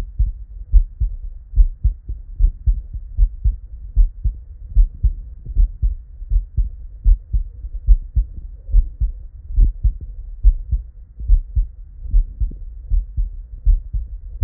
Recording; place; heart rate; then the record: heart sounds by stethoscope; Erb's point; 76 bpm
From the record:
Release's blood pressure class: elevated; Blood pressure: 120/57 mmHg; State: at rest